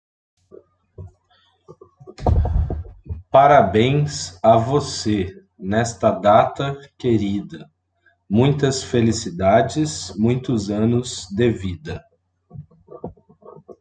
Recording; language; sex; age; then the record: short text; Brazilian Portuguese; male; 30 to 39 years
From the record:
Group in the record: control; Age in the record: 34 years